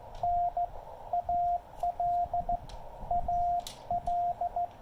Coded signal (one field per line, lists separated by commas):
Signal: Morse code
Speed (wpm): 17 wpm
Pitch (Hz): 700 Hz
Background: radio noise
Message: N AL AL